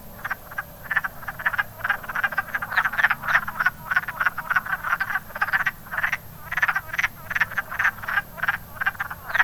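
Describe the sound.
Wood frogs croaking in a dense chorus, rapid chuckling clucks tumbling over one another without pause, a low hum beneath.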